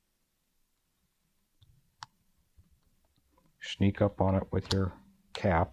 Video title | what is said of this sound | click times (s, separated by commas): Clipper Repair and Techniques (Retro Series) | We'll snap into place. | 2.0 s